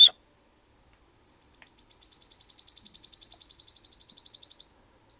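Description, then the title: Wood Warbler song after a brief click: sparse high notes speed up into a shivering, metallic trill lasting about three seconds, in otherwise quiet surroundings. "Sirittäjä"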